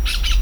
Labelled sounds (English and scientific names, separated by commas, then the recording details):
Brown-throated Parakeet (Eupsittula pertinax) contact call
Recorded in Venezuela
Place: Tumeremo, Edo. Bolívar
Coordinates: 7.209, -61.364